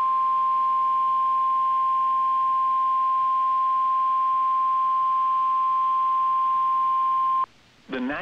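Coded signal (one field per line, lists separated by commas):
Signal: Emergency Alert System (SAME) tones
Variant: 1050 Hz attention tone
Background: speech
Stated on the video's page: Severe thunderstorm and high wind warnings on NOAA Weather Radio, with radar displays.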